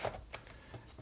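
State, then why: Seated. An 8x10 film holder is dropped into the back of an Intrepid 8x10 Mk II large-format camera and lifted past the light trap. It seats with a short, sharp click at 0.3 s, followed by a softer, quieter sound. The film holder is seated in place.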